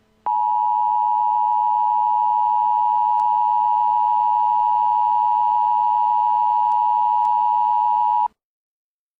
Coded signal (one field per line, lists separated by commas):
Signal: Emergency Alert System (SAME) tones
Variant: 853 and 960 Hz attention tone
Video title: An Alien Invasion EAS Scenario: Live and Uncut